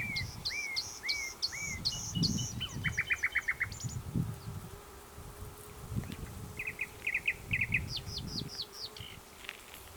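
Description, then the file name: Common nightingale song: varied phrases of whistled notes, rapid clicking trills and chirped sequences separated by short pauses, over low background rumble. "Luscinia megarhynchos"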